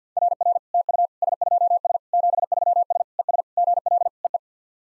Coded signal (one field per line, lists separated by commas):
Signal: Morse code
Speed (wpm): 52 wpm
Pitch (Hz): 700 Hz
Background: none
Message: RR TU S2S 73S ES GL EE